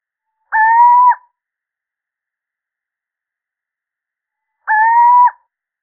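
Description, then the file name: Little owl giving two identical mellow hoots about four seconds apart, each a steady note lasting under a second, nothing else audible. Male. "Sycek obecny samec"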